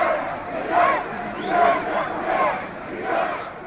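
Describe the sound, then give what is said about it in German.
An angry crowd in Kasserine, southern Tunisia, boos President Marzouki and shouts "Dégage" on the revolution's anniversary, its voices rising together in a loud, rhythmic chant that swells four times in steady succession over a constant roar. “Das hätte sich Präsident Marzouki wohl nicht erwartet, dass ihn eine wütende Menschenmenge ausbuhen und Degage schreien würde.”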